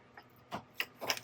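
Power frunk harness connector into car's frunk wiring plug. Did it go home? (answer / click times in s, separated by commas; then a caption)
yes / 0.8 s. A black plastic Hansshow Power Frunk V5 harness connector is daisy-chained onto the vehicle's frunk wiring plug in a Tesla Model Y. After a faint tick and some handling rustle, a sharp, bright snap at 0.8 s marks the connector clicking in, followed by a louder burst of plastic handling noise around 1.1 s. The connector is seated.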